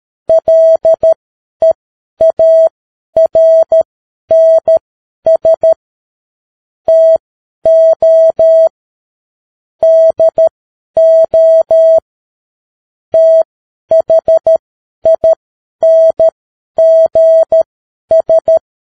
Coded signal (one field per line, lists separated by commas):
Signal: Morse code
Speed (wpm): 13 wpm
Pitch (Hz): 650 Hz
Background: none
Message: LEARNS TO DO THINGS